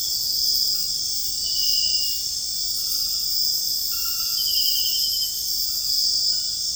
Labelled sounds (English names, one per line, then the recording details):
none
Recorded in dense forest near Puerto Asís, Putumayo, Colombia, on 20 February 2024 at 03:00
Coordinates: 0.485, -76.325
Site G6429